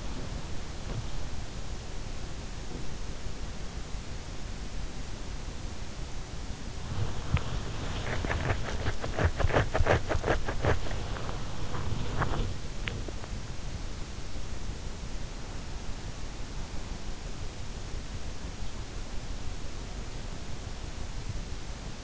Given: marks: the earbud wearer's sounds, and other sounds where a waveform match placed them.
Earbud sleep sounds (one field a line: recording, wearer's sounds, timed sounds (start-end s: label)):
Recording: sounds in sleep by an in-ear microphone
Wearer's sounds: body movement, teeth grinding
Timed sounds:
0.00-1.69 s: body movement
7.23-12.04 s: body movement
12.04-13.24 s: teeth grinding